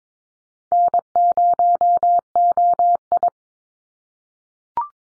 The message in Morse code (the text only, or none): N0OI